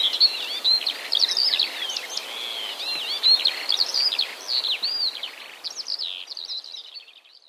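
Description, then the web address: Eurasian skylark singing a lively run of high slurred whistles and chattering trills, fading gradually over the final seconds. "wroblowe kolekcja skowronkipolne"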